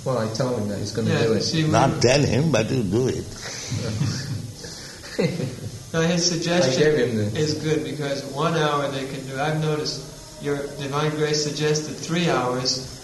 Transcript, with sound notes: Well I told him that. He's going to do it.
Not tell him, but you do it. [chuckles]
No, his suggestion is good, because one hour they can do. I've noticed... Your Divine Grace suggested three hours...